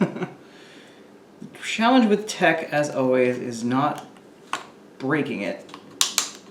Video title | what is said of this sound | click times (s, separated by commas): Framework 13 - Unboxing and setup | There we go. That's clicked in. That's better. | 6.0 s, 6.2 s